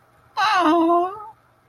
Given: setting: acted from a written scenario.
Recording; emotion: vocal sound without words; adoration